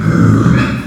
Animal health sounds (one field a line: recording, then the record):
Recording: squeal of a Yucatan mini pig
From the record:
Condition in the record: after surgery on the right vocal fold (resection and tissue-engineered implant)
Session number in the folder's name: 9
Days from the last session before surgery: 65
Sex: female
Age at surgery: 19 weeks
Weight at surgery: 25 kg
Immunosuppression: prednisolone